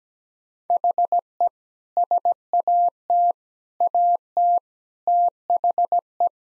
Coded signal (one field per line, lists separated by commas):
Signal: Morse code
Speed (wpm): 17 wpm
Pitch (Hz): 700 Hz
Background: none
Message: HE SAT AT THE